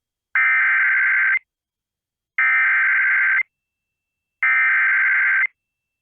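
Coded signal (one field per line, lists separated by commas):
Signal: Emergency Alert System (SAME) tones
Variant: header bursts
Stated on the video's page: Severe Thunderstorm alerts received on NOAA Weather Radio.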